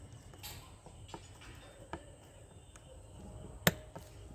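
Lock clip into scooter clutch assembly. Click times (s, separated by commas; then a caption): 3.7 s. A metal lock clip is fitted onto the clutch assembly of a Honda Activa scooter during engine reassembly. Faint metallic ticks come at about 1.1, 1.9, 2.8 and 4.0 seconds, with one sharp, loud snap at 3.7 seconds. The lock clip snaps into place on the clutch assembly.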